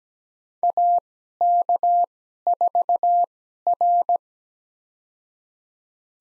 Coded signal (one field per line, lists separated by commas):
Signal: Morse code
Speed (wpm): 17 wpm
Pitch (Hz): 700 Hz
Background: none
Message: AK4R